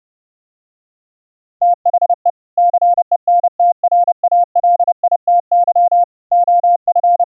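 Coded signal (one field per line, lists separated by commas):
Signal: Morse code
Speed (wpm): 30 wpm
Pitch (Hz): 700 Hz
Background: none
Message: THE CENTRALITY OF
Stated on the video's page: CW audio generated by FLdigi and sent over the internet through a VST host and an Opus codec plugin.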